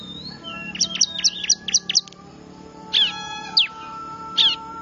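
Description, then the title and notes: Bar-winged prinia calls: a quick run of six sharp, high chipping notes, then three spaced notes. Lure call said to be most effective at attracting wild small birds (burcil ribut); Indonesian name ciblek. "Suara Pikat Burcil Ribut Ngabisin Burung Liar Ini. ciblek"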